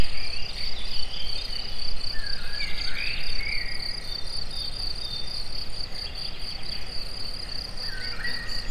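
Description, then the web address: Cricket chirping as a steady, fast-pulsed high trill throughout, with birds warbling and twittering in bursts below it and a low rumbling background. Recorded in nature at the forest edge near the Eger tourist house, among various animal sounds. "allathangok termeszetben tucsok mindenfeleazerdoszelen egerturistahaz"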